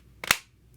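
A transparent plastic back cover is pressed onto a ROG Ally handheld console shell until another of its clips snaps in. Two sharp plastic clicks are heard at 0.2 s and 0.3 s, the second louder, with a faint tick near 0.7 s. The second back cover clip is confirmed seated.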